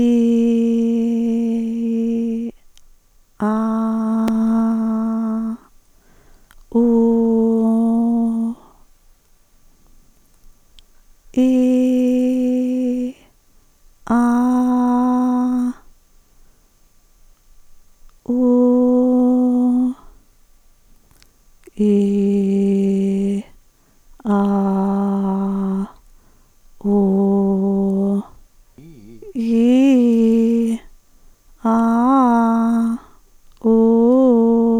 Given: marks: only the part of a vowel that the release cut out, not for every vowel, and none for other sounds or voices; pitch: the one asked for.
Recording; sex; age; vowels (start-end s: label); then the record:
sustained vowels; female; 60 to 69 years
0.00-0.93 s: vowel /i/, normal pitch
6.88-7.95 s: vowel /u/, normal pitch
18.43-19.00 s: vowel /u/, high pitch
31.70-32.64 s: vowel /a/, low-high-low pitch
33.70-34.53 s: vowel /u/, low-high-low pitch
From the record:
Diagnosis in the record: presbyphonia, hyperfunctional dysphonia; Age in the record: 69 years